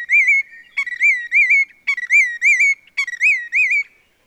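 Willet calling four quick phrases, each a short sharp note followed by two or three clear rising whistles, ringing and evenly spaced.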